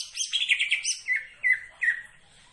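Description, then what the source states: Leafbird song: a quick run of bright, slurred whistles, then three separate downward-sliding notes. Bird singing actively, described as gacor, meaning vigorous continuous singing.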